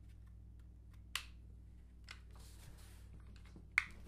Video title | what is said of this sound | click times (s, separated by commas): Springfield Echelon Pistol 9mm with 4.5" Barrel Review | there it went so now it's it's locked in place you really got to kind of press | 3.8 s